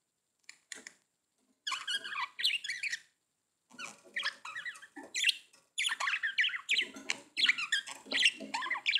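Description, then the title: Budgerigar warbling in lively phrases of squeaky whistles and scratchy chatter, separated by short pauses. "Budgie Sounds"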